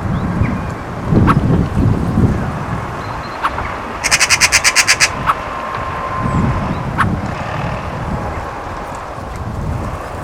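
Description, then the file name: Eurasian magpie chattering in a fast harsh rattle, with isolated clicks and a low rumbling background noise. "Pica pica"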